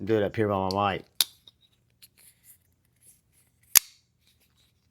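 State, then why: Seated. Someone talks, then a titanium-handled folding knife's blade is slowly rolled open close to the microphone, with a sharp tick near 1.2 s and faint small sounds as it travels. The blade lock clicks into place with a loud, crisp snap at 3.8 s, locking up solidly.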